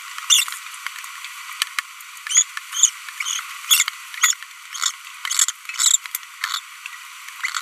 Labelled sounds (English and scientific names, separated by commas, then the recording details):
Green-rumped Parrotlet (Forpus passerinus) babbling
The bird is a female
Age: 23 days
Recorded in a nest box in Venezuela
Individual 17B42B2